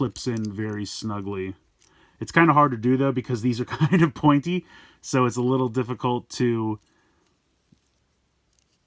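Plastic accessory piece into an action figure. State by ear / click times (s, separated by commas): not seated / none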